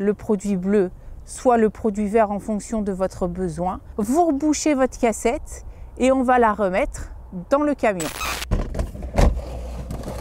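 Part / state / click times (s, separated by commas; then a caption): toilet waste cassette into its housing in a campervan / not seated / none. Someone talks while the emptied toilet waste cassette is handled on its way back into its housing in a campervan. Near the end there is a burst of noise and a few short knocks, around 8.6, 8.8 and 9.9 seconds. The cassette has not seated or clicked home yet.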